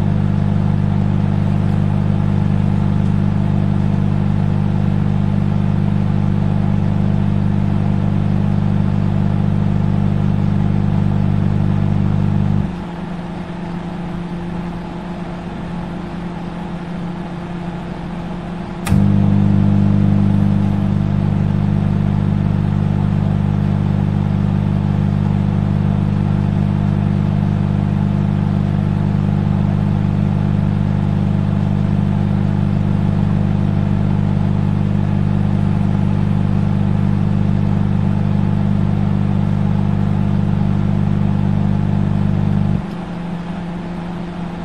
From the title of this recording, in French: Four micro-ondes